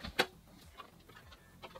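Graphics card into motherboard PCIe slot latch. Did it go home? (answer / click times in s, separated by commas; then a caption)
yes / 0.2 s. A graphics card's PCIe fingers are slid into a motherboard PCIe slot, and the slot's locking latch snaps shut with a sharp click at 0.2 s. A much fainter tick follows at 0.8 s over quiet background. The latch is locked and holds the card seated in the slot.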